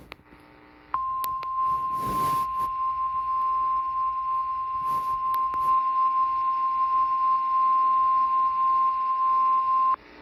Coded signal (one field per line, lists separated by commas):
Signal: Emergency Alert System (SAME) tones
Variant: 1050 Hz attention tone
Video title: Eas FFW on KEC55 Eas#1373